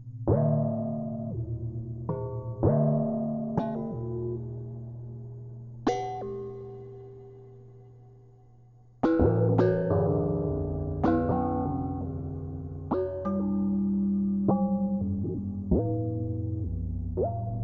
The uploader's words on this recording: Individual sounds of everyday objects like saucepan lids, wine glasses, tools and implements, vessels and containers. I strike the object once with something, perhaps a chopstick with a rubber band wound around one end, a wooden spoon or something else to hand, and record the sound it makes.